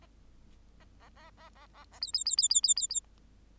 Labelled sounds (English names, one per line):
Bengalese Finch song